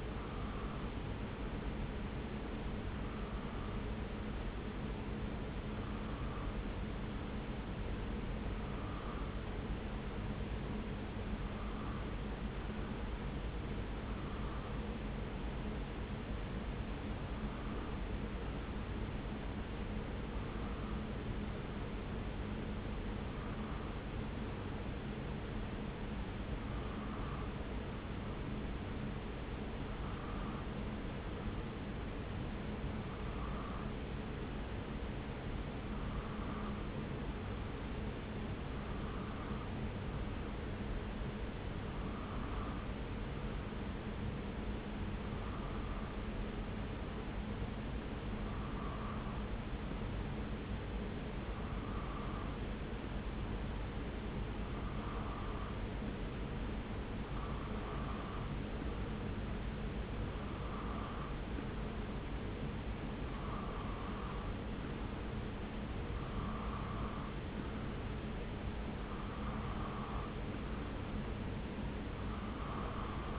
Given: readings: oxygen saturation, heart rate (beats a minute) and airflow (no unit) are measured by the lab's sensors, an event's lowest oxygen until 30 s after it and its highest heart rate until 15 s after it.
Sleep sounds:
breathing in sleep by a voice recorder at the bedside; 1
8.00-39.30 s: hypopnea (N2, oxygen 97% highest, then 92% lowest)
From the record:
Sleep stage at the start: N2 (light sleep); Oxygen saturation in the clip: 92 to 97%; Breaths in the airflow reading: 21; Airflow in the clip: -0.7 to 0.8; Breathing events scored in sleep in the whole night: 335 in 6.7 hours asleep

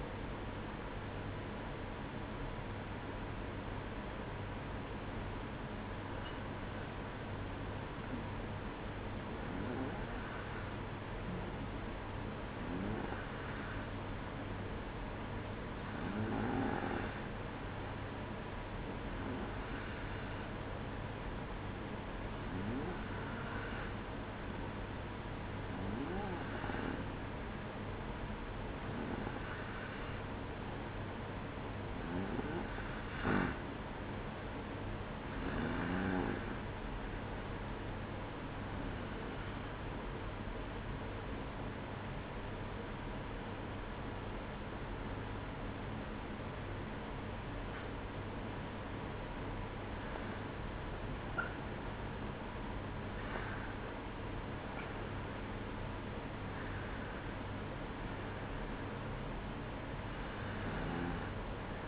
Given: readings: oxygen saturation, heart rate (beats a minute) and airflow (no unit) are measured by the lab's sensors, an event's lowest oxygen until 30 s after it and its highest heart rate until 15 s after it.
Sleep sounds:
breathing in sleep by a voice recorder at the bedside; 1
35.00-52.30 s: hypopnea (N2, oxygen 93% highest, then 92% lowest, heart rate 63 at the start, 63 highest)
56.00-61.87 s: new sleep stage, N1 (lightest sleep)
From the record:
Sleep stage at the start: N2 (light sleep); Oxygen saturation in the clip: 92 to 93%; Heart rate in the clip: 61 to 63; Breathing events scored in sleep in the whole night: 305 in 9.6 hours asleep

